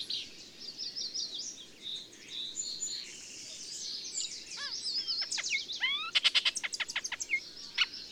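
Bird: soft high twittering from several birds, later joined by downslurred whistles and a short quick series of sharp chips near the end.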